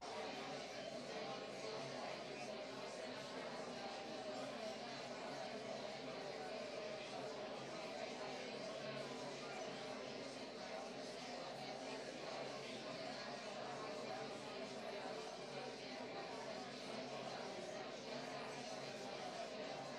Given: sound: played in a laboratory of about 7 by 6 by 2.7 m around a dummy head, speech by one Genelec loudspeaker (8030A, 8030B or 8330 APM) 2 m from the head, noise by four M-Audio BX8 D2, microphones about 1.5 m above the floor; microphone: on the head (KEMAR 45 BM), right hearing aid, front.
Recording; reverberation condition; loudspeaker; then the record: babble noise; medium; four, about 170 cm from the corners of the room and facing them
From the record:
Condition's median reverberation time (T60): about 510 ms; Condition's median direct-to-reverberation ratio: about -0.5 dB